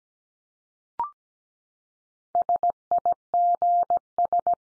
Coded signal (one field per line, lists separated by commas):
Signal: Morse code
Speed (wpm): 17 wpm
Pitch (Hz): 700 Hz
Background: none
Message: SIGS